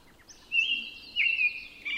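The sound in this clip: Robin song: drawn-out whistled notes, with fainter, sharper notes above.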